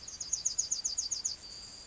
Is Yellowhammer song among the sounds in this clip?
yes